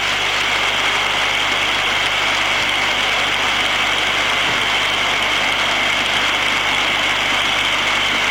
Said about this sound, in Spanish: Pero de momento hay que esperar la autorización de Ansuate Guirroca, que ya se produce, se retira del terreno de juego Roberto Carlos. Aplauso.